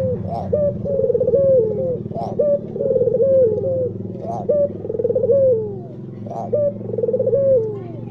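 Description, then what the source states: Barbary dove calling repeatedly, each call a short note then a rolled, descending coo, about every two seconds over a low hum, with faint clicks. White (putih) Barbary dove; Indonesian masteran used to train songbirds to copy its call.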